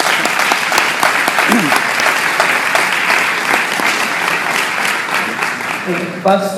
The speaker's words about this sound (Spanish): Un fuerte aplauso para Monseñor.